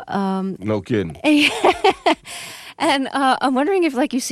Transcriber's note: laughter